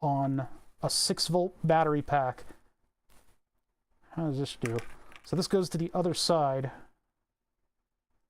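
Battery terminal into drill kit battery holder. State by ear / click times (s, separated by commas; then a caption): not seated / none. Someone talks while routing a battery terminal, a lever-switch part for a 6 V battery pack, to the other side of the battery holder in a Tamiya drill kit and lining it up by hand. The terminal is only being positioned, and nothing has seated or clicked yet.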